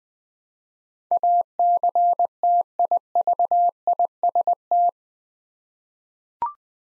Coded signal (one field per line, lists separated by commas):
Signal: Morse code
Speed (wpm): 20 wpm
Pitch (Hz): 700 Hz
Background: none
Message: ACTIVIST